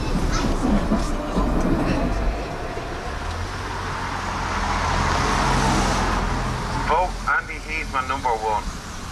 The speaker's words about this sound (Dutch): Nou, opnieuw de tram in, maar dit keer op weg naar de buurt Harold's Cross.